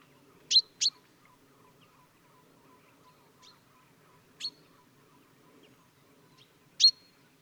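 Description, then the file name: Common chaffinch calls: sharp metallic 'pink' notes, a quick double near the start, then single notes spaced a few seconds apart over a faint low background hum. "Fringilla coelebs"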